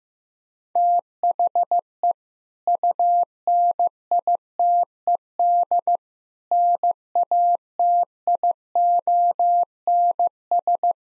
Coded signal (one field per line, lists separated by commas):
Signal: Morse code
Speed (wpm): 15 wpm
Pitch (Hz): 700 Hz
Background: none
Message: THE UNITED NATIONS